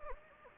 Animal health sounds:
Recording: mosquito wingbeat signal from an infrared sensor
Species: Anopheles gambiae

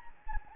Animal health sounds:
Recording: mosquito wingbeat signal from an infrared sensor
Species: Anopheles gambiae

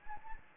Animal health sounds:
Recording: mosquito wingbeat signal from an infrared sensor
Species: Anopheles gambiae

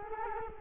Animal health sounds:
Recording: mosquito wingbeat signal from an infrared sensor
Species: Culex quinquefasciatus

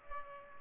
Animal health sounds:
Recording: mosquito wingbeat signal from an infrared sensor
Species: Culex pipiens

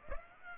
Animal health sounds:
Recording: mosquito wingbeat signal from an infrared sensor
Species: Aedes aegypti

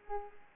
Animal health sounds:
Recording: mosquito wingbeat signal from an infrared sensor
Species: Culex pipiens

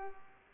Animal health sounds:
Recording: mosquito wingbeat signal from an infrared sensor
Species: Culex pipiens

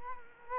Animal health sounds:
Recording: mosquito wingbeat signal from an infrared sensor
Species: Culex quinquefasciatus

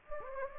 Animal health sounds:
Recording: mosquito wingbeat signal from an infrared sensor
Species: Anopheles gambiae

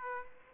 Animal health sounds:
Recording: mosquito wingbeat signal from an infrared sensor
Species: Aedes aegypti

